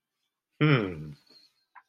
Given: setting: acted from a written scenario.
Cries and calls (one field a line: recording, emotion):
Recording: vocal sound without words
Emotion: serenity